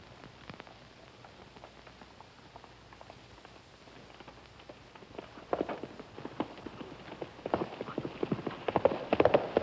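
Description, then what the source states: Horse hoofbeats: faint, scattered clops at first, growing louder toward the end. Horse approaching and then stopping.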